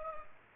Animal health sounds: mosquito wingbeat signal from an infrared sensor; Aedes aegypti

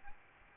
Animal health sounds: mosquito wingbeat signal from an infrared sensor; Aedes albopictus

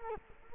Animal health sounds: mosquito wingbeat signal from an infrared sensor; Culex quinquefasciatus

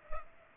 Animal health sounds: mosquito wingbeat signal from an infrared sensor; Culex pipiens

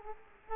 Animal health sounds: mosquito wingbeat signal from an infrared sensor; Culex quinquefasciatus

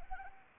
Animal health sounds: mosquito wingbeat signal from an infrared sensor; Anopheles arabiensis

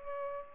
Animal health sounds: mosquito wingbeat signal from an infrared sensor; Culex pipiens

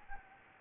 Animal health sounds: mosquito wingbeat signal from an infrared sensor; Anopheles gambiae

